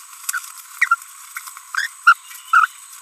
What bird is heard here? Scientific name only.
Forpus passerinus